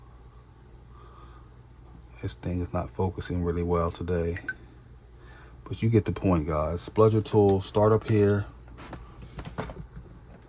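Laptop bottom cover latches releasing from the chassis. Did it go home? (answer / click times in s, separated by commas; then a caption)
released / 8.9 s, 9.4 s, 9.6 s. A spudger pries the plastic bottom cover of a Dell Latitude 5420 laptop, starting at the top edge, while someone talks. Sharp cracks ring out at 8.9, 9.4 and 9.6 seconds as the snap-fit latches release from the chassis one after another. The bottom cover comes open.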